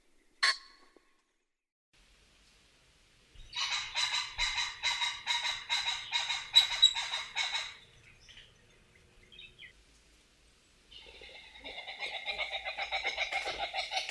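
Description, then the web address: Pheasant giving a single harsh call, then a fast rapid-fire series lasting about four seconds, a pause, and a second rapid series starting up. "animal-sound pheasant-sound"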